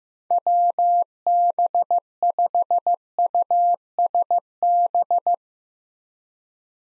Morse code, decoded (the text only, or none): WB5USB